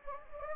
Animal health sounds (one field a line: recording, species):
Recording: mosquito wingbeat signal from an infrared sensor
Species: Anopheles gambiae